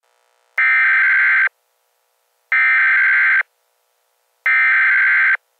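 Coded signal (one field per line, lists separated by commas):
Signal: Emergency Alert System (SAME) tones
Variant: header bursts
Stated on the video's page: Mock-up emergency alert for a fictional scenario.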